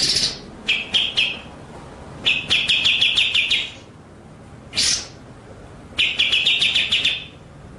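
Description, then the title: White-rumped shama song alternating harsh rasping notes with quick rattled runs of repeated chips, separated by pauses. Masteran (training) track; full song in the ngerol nembak style. "Masteran Murai Batu Full Ngerol Nembak"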